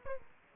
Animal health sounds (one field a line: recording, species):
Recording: mosquito wingbeat signal from an infrared sensor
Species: Aedes aegypti